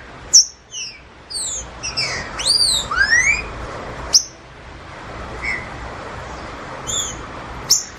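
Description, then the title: Green-winged Saltator song, a run of quick high whistles building to loud sweeping upward slurs, then sparse single notes punctuated by sharp clicks. Wild bird in the bush, singing in competition with another free bird. "Trinca Ferro NICÃ O No Mato Disputando Com Solto"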